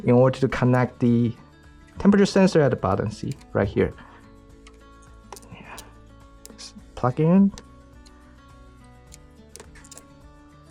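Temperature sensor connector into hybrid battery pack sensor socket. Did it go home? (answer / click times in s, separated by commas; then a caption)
no / none. Someone talks over background music while a temperature sensor connector at the bottom of a NexPower V3 sodium-ion hybrid battery pack, lifted 40 to 45 degrees, is plugged toward its sensor socket on a 2004 Gen2 Prius. Faint handling taps and ticks follow between about 4.7 and 10.0 seconds. Nothing has seated or clicked yet.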